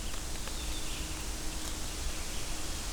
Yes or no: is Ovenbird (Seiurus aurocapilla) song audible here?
no